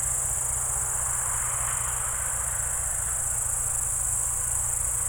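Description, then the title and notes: Crickets trilling without pause in a dense high band while an engine rumbles steadily in the low range. Evening crickets at Spalona Pass, Bystrzyckie Mountains, Poland, 18 July 2024 around 19:00; old tractor mowing grass in the village below in background. "Spalona Pass - crickets and haymaking. Przełęcz Spalona w Górach Bystrzyckich. wieczorne świerszcze"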